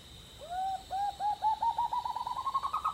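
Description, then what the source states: White-throated Nightjar call, an accelerating string of hollow notes rising gradually in pitch, ending in rapid close-spaced repeats. Recorded from a bedroom window at Yukai, Northern Rivers area, New South Wales, Australia; elusive species, sometimes heard but rarely seen.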